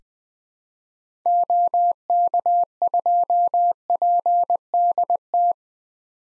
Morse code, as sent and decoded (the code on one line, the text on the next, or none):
--- -.- ..--- .--. -.. -
OK2PDT